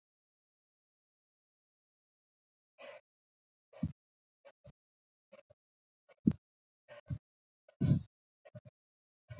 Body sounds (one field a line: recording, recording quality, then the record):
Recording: shallow breathing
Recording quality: excellent, no background noise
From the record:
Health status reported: healthy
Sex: female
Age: 54 years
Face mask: not worn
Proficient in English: yes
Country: France